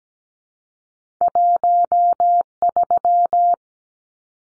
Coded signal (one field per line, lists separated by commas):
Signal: Morse code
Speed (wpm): 17 wpm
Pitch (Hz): 700 Hz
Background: none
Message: 13